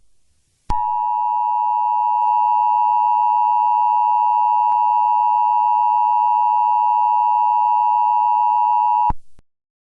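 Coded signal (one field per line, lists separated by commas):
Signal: Emergency Alert System (SAME) tones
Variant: 853 and 960 Hz attention tone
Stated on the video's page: Simulated EAS scenario of an extreme wind warning, not a real alert.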